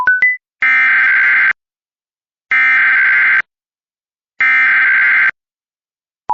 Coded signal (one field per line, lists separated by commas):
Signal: Emergency Alert System (SAME) tones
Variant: header bursts